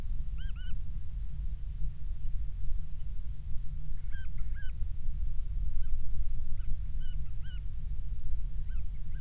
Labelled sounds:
grouse or ptarmigan
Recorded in the Prudhoe Bay oil fields, Alaska, on 12 July 2019 at 02:55
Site 16

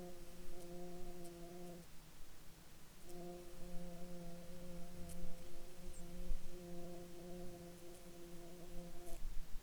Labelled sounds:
insects
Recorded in Ivvavik National Park, Yukon, on 26 June 2019 at 07:07
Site SINP09

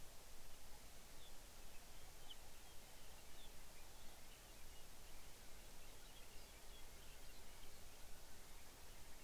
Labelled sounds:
songbird
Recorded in the Arctic National Wildlife Refuge, Alaska, on 23 May 2019 at 05:50
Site 49

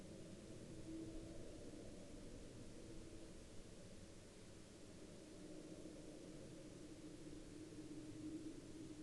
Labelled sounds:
aircraft
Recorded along the Dempster Highway, Canada, on 29 April 2019 at 05:44
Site 22

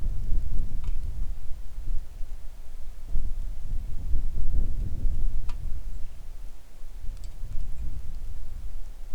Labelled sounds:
songbird
wind
rain
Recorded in the Arctic National Wildlife Refuge, Alaska, on 3 August 2019 at 10:03
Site 41

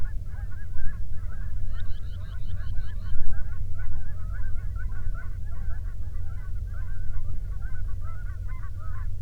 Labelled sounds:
waterfowl
man-made sound
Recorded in the Prudhoe Bay oil fields, Alaska, on 13 June 2019 at 00:09
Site 24

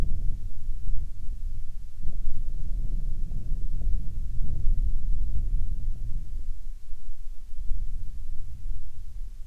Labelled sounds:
wind
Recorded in the Arctic National Wildlife Refuge, Alaska, on 5 August 2019 at 13:13
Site 49

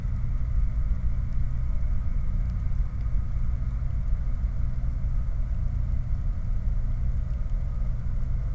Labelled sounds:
truck
machinery
rain
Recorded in the Prudhoe Bay oil fields, Alaska, on 15 July 2019 at 02:20
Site 29

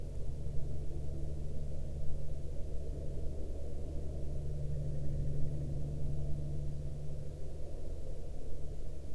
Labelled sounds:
aircraft
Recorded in the Prudhoe Bay oil fields, Alaska, on 13 May 2019 at 12:54
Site 13

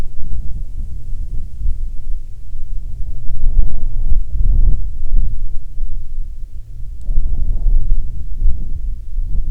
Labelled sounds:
wind
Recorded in the Prudhoe Bay oil fields, Alaska, on 7 August 2019 at 14:22
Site 17

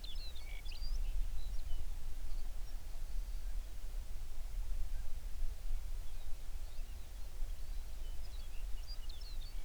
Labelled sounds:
songbird
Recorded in the Prudhoe Bay oil fields, Alaska, on 11 June 2019 at 04:37
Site 21

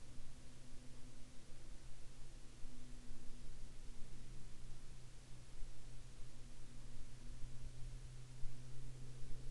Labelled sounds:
aircraft
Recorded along the Dalton Highway, Alaska, on 26 April 2019 at 23:41
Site 02

